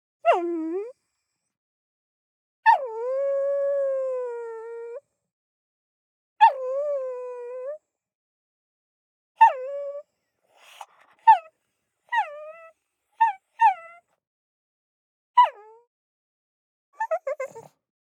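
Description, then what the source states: Pug whining, drawn-out nasal whines that dip then rise, followed by a string of shorter, higher whimpers with brief pauses between them. Whining while begging.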